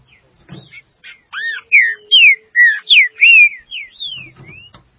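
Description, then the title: Green-winged saltator song: a rapid run of loud whistled, slurred notes, mostly falling, delivered about two or three per second, with a few soft clicks and low thumps. "Trinca Ferro"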